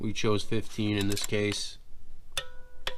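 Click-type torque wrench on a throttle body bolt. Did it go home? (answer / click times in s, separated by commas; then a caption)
yes / 2.9 s. Someone talks, then a click-type torque wrench tightening a throttle body bolt on a Fox Body gives two sharp metallic clicks, the confirmed click at 2.9 seconds. The bolt is torqued to 15 ft-lb, within the 12 to 18 foot-pound range, and the throttle body is torqued down.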